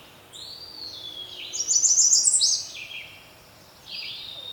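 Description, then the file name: American Redstart giving a high, thin series of notes that rises to a louder, higher burst, followed by another brief thin phrase. "Setophaga ruticilla - American Redstart"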